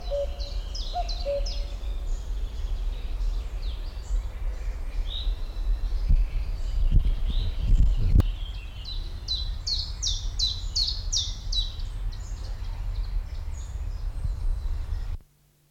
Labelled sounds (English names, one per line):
Common Chiffchaff